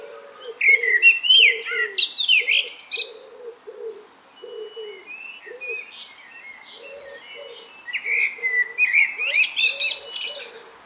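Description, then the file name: Common blackbird: two bursts of fluty warbling ending in high squeaky twitters, with a steady series of low soft pulsed notes repeating underneath. "Turdus merula"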